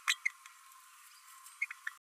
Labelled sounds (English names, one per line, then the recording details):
Green-rumped Parrotlet babbling
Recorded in a nest box in Venezuela
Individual 18B12A2